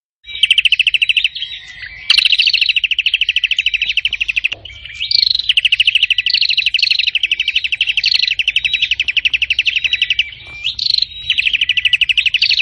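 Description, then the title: Prinia delivering sustained rapid chirping trills, loud and steady, interrupted by a few short breaks and sliding whistle notes. "Burung Prenjak Gacor Parah"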